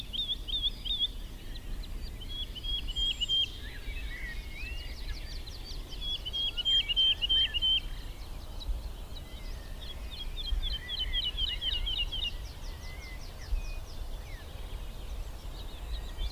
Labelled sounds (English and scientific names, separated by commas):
Wood Lark (Lullula arborea)